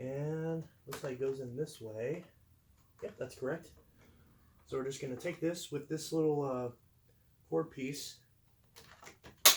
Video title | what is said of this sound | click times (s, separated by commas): Shark Professional Swivel Pet Unboxing/Assembly Tutorial (CU50WM) | and click it in just like that it takes two clicks and it pops in just like that | 9.3 s, 9.5 s